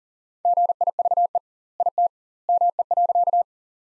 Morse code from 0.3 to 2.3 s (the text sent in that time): GIVE IT